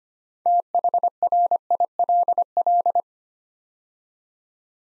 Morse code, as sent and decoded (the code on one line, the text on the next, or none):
- .... .-. .. .-.. .-..
THRILL